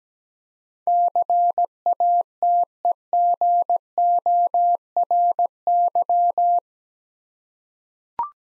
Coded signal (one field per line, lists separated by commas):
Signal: Morse code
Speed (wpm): 17 wpm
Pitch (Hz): 700 Hz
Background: none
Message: CATEGORY